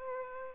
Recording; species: mosquito wingbeat signal from an infrared sensor; Aedes albopictus